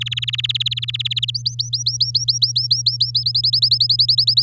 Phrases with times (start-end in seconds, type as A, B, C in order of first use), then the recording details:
0.01-1.31 A, 1.34-3.11 B, 3.15-4.42 C. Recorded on 9 May 2018 at 06:10. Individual llb16